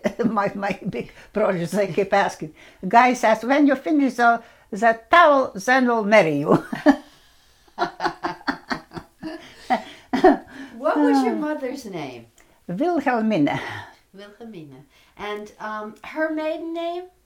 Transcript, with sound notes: My big brothers they kept asking, guys ask when you finish that towel, then we'll marry you! (laughs)
What was your mother's name?
Wilhelmina.
And her maiden name?